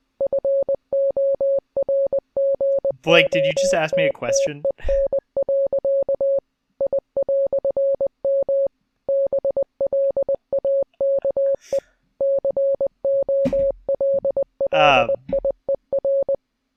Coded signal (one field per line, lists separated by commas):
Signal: Morse code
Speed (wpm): 20 wpm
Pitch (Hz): 550 Hz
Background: speech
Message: FORGOTTEN. I"M BLAKE COLLIER